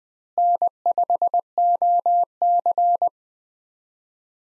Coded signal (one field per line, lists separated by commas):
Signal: Morse code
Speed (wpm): 21 wpm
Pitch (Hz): 700 Hz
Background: none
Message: N5OC